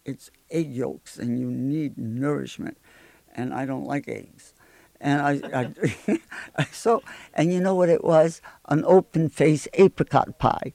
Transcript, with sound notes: it's egg yolks and you need nourishment" and I don't like eggs. (they laugh) And you know what, it was‑‑an open face apricot pie.